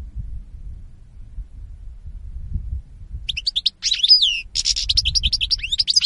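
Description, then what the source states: European goldfinch twittering song beginning after three seconds of low rumble, with quick chirps, a swooping slurred note and a dense buzzy trill. Spanish goldfinch lure call (reclamo).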